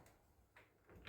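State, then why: Not seated. Someone pulls back the plastic release switch on a new screw-drive garage door opener trolley to re-engage it, making quiet handling sounds with brief knocks at about 0.6 and 1.1 seconds. The lever has not clicked into place yet, and nothing has seated.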